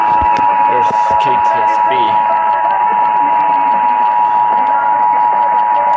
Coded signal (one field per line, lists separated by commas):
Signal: Emergency Alert System (SAME) tones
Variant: 853 and 960 Hz attention tone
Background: speech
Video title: Oklahoma and Tennessee Monthly Test | EAS #2470-2473